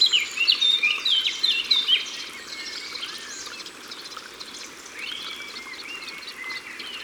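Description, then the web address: Eurasian blackcap song: about two seconds of lively, varied warbling notes at the start, then quieter over a steady rushing background. Recorded by the water. "Fauvette a tete noire Au bord de leau. album au-bord-de-leau"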